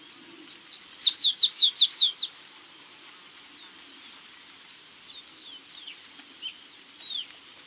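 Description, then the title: Stripe-tailed yellow finch delivering a quick string of high notes, followed by a few sparse thin calls. Subspecies Sicalis citrina citrina, assumed from location. "LuckyPassaro Completos2Sama. Stripe-tailed Yellow Finch (Sicalis citrina citrina (ssp assumed from location))"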